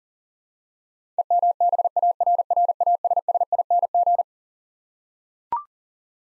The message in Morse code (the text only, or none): EMBARRASSING